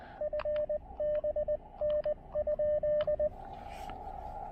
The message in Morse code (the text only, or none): FBN?